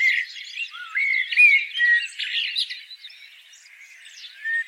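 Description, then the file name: Common blackbird producing jumbled squeaks and short whistled slurs, busy at first, then fading to soft scratchy notes before a final brief phrase. "Turdus merula"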